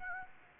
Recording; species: mosquito wingbeat signal from an infrared sensor; Aedes aegypti